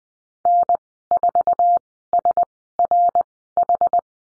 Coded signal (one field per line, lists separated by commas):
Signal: Morse code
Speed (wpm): 20 wpm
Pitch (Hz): 700 Hz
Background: none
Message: N4SRH